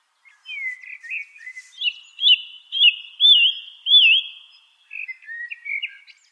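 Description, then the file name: Song thrush singing a run of clear whistled phrases, with a wavy looping note repeated several times in the middle, then lower chirps. "suara-kicauan-burung-song-thrush -omkicau"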